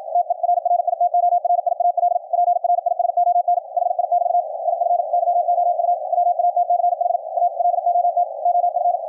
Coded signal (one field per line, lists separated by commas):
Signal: Morse code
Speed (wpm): 53 wpm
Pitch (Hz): 700 Hz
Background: radio noise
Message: TERRITORIAL PRISON HI<BT> IF YOU WATCH A LOT OF